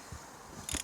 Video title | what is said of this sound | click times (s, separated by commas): Mitsubishi 3000gt / GTO Tappet Lifter Replacement | that click is nothing to worry about it's just where it pops into place | 0.7 s, 0.8 s